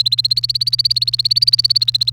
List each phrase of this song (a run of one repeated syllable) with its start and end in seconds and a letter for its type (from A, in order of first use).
0.00-2.12 A